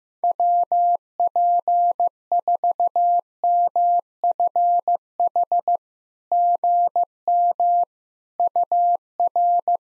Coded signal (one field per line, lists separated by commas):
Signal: Morse code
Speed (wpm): 15 wpm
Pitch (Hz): 700 Hz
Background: none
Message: WP4MFH GM UR